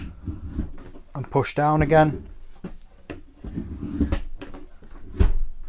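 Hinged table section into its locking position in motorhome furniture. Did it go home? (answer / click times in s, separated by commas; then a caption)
yes / 3.1 s. In a 2024 Burstner Lyseo TD 684 G motorhome, a hinged table section is lifted back up and pushed down again until it locks into place, with a sharp click at 3.1 s. Someone talks throughout, and other brief knocks and taps are heard around 1.2 s and between 4.1 and 4.6 s.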